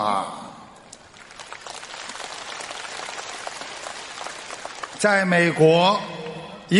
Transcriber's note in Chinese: 掌声